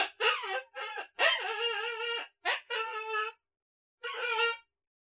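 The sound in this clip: Coyote pups producing quick quavering yips and a longer wavering whine, then a pause before one more short howl.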